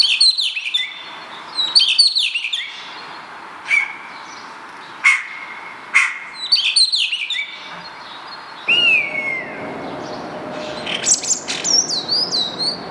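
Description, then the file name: Spotless starling song: a varied jumble of slurred whistles, sharp clicks and short chirps, with twisting high whistles toward the end. "Storno Nero"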